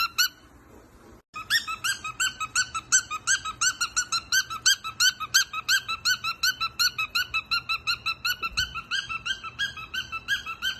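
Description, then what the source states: Cockatiel giving rapid, evenly repeated squeaky chirps, nearly three per second, with rich harmonics, after a brief quiet start. Several cockatiels singing and whistling.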